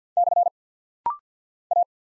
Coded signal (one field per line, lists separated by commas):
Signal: Morse code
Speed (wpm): 48 wpm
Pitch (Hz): 700 Hz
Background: none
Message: / A